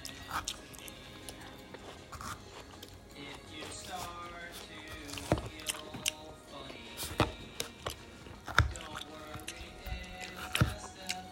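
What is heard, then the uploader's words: Crisp bites and wet crunching of watermelon come in bursts, with sharp cracks near 5, 7, 8.5 and 10.5 seconds. Between them run softer juicy chewing and small smacking sounds. Watermelon ASMR.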